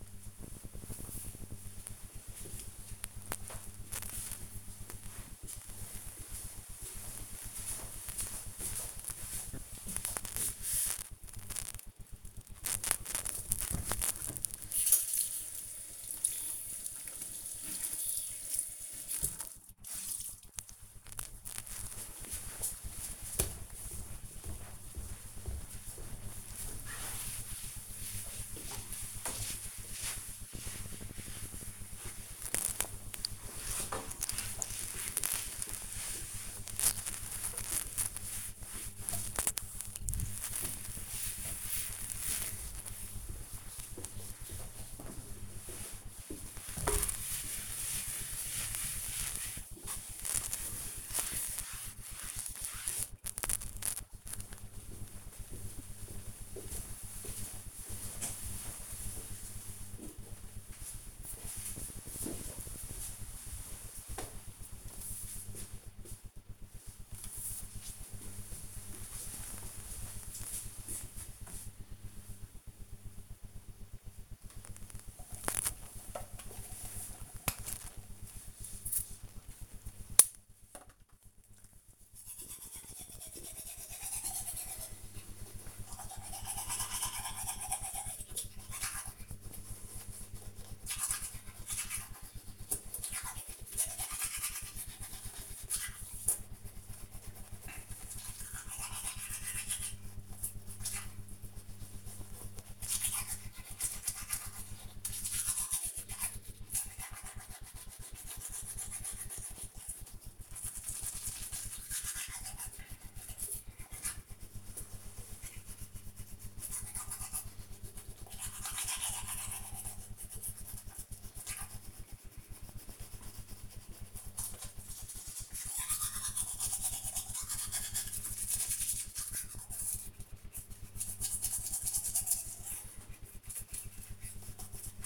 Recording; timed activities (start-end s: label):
household activities, microphone on the right wrist
10.99-53.24 s: cleaning table
72.34-135.06 s: brushing teeth